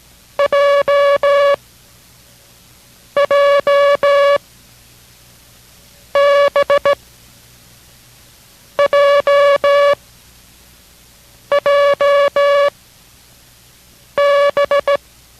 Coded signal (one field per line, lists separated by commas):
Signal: Morse code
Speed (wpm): 16 wpm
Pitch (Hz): 570 Hz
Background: music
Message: J J B J J B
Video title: K6RAU Morse Code Course - 07 / BJ